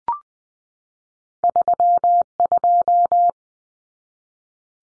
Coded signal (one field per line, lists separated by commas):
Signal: Morse code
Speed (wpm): 20 wpm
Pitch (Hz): 700 Hz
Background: none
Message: 32